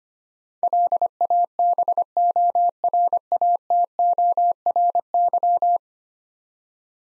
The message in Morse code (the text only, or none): LABORATORY